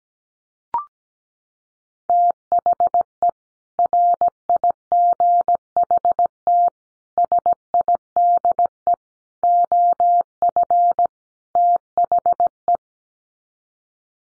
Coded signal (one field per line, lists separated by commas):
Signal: Morse code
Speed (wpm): 17 wpm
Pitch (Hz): 700 Hz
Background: none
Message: THE RIGHT SIDE OF THE